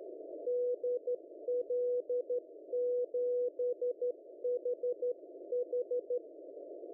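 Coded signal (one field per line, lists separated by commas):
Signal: Morse code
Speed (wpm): 13 wpm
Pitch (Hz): 490 Hz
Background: none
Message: DL7HH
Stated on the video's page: Pure CW and FM-modulated CW compared with other modes at 5 W, moderate conditions, strong interference (QRM) at the other station, over a hill group.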